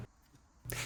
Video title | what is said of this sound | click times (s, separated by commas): Tesla - LaTough CCS1 + J1772 Universal Adapter | it will snap into place | 0.7 s